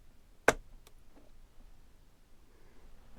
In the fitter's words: and then you push it until it clicks I got a little bit of extra leverage here just to make sure though